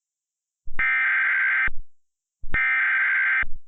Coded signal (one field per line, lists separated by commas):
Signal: Emergency Alert System (SAME) tones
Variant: header bursts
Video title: 2009 Local Area Emergency - EAS Recreation